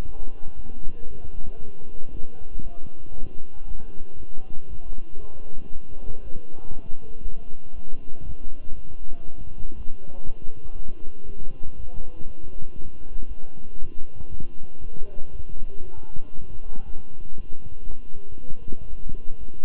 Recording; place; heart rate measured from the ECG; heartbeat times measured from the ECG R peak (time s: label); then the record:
heart sounds by stethoscope; between the tricuspid and mitral areas; 118 bpm
0.05 s: heartbeat
0.55 s: heartbeat
1.07 s: heartbeat
1.59 s: heartbeat
2.11 s: heartbeat
2.63 s: heartbeat
3.14 s: heartbeat
3.67 s: heartbeat
4.18 s: heartbeat
4.69 s: heartbeat
5.20 s: heartbeat
5.72 s: heartbeat
6.23 s: heartbeat
6.73 s: heartbeat
7.23 s: heartbeat
7.74 s: heartbeat
8.25 s: heartbeat
8.75 s: heartbeat
9.25 s: heartbeat
9.76 s: heartbeat
10.26 s: heartbeat
10.75 s: heartbeat
11.25 s: heartbeat
11.76 s: heartbeat
12.26 s: heartbeat
12.76 s: heartbeat
13.27 s: heartbeat
13.78 s: heartbeat
14.29 s: heartbeat
14.80 s: heartbeat
15.32 s: heartbeat
15.84 s: heartbeat
16.35 s: heartbeat
16.86 s: heartbeat
17.36 s: heartbeat
17.87 s: heartbeat
18.39 s: heartbeat
18.89 s: heartbeat
19.39 s: heartbeat
From the record:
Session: walking at 3.7 km/h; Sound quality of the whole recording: good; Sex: male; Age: 23 years